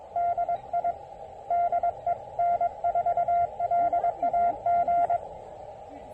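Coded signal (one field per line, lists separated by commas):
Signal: Morse code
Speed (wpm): 22 wpm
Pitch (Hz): 700 Hz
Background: radio noise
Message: DI DE N4LAG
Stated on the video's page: SOTA QRP activation working DX with a KX2 and a 20 meter delta loop antenna, on 20, 10, 12 and 15 meters.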